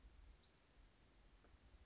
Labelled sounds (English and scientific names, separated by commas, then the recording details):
Western Flycatcher (Empidonax difficilis)
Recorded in Sonoma County, California